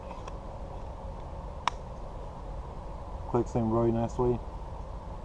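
A Buck Mesa knife blade is inserted back into its sheath and clicks home at 1.7 s, a short sharp snap over a steady low background hum, with a faint tick at 0.3 s. Someone talks near the end as the blade is checked for rattle. The knife is seated firmly in the sheath.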